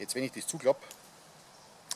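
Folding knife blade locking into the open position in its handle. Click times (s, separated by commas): 1.9 s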